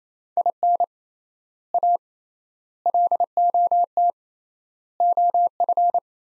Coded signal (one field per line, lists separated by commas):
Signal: Morse code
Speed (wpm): 28 wpm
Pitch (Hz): 700 Hz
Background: none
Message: IN A LOT OF